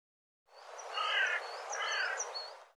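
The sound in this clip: Bird making two harsh, raspy calls.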